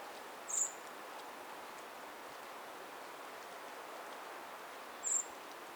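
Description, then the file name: Eurasian blackbird giving two thin, very high 'tsee' calls, the first shortly after the start and the second about four and a half seconds later, over steady background hiss. "Turdus merula"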